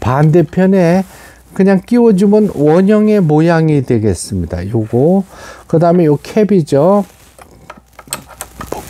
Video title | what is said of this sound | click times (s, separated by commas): s#미싱박사#라이온미싱 수리#미싱실끼우기 #미싱사용방법 # 미싱고장택배수리#Janome Sewing Machine Repair#미싱#가정용미싱#미싱배우기#재봉틀#페달 | 이렇게 해서 딱 딱 소리가 나도록 잠가 주는 거예요 | 8.1 s, 8.4 s